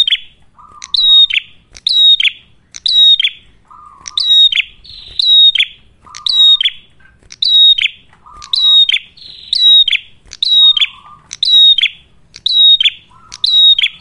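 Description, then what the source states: Ashy tailorbird: steady series of piercing whistled notes, each ending in a rasp, roughly one per second, with brief low buzzing trills between some of them. Prolific song, described as clear sound, suited for training captive birds or for luring.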